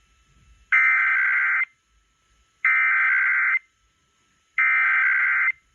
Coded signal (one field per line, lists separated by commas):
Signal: Emergency Alert System (SAME) tones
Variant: header bursts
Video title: [EAS #2497-#2499] Positive Encouraging KLOVE